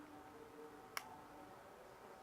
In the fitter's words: turn the lens till it clicks this means the length is now secured on to the body